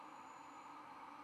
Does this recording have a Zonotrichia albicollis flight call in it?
no